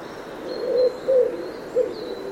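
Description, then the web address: Bird calling three low, soft hooting notes with pauses between, while a thin, steady high whistle runs in the background. "Bird Only"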